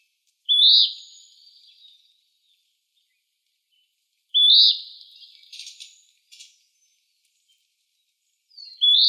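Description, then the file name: Western wood-pewee repeating a burry upslurred call about every four seconds, each note buzzy and fading, with faint crackling clicks after the second call. Recorded in Arizona; date given as 27 July 2006. "WEWP 5 A deviche"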